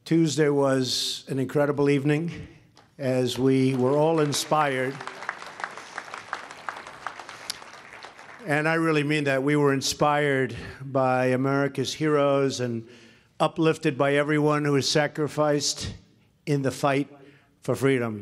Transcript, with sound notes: Tuesday was an incredible evening, as we were all inspired. (Applause.) And I really mean that. We were inspired by America’s heroes and uplifted by everyone who has sacrificed in the fight for freedom.